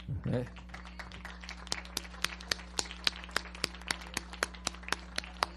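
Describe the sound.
Sparse, steady clapping from a small group applauding a fellow participant, sharp claps landing a few times per second at moderate volume after a brief voice at the start, over a low steady hum.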